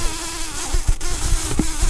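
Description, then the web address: Common carder bee queen buzzing, a steady droning hum with strong harmonic bands and some brief thumps and crackles. "bumblebees Pascuorum-queens"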